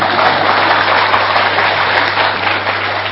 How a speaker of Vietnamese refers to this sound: Vậy tặng thưởng cho chúng ta tràng pháo tay đi.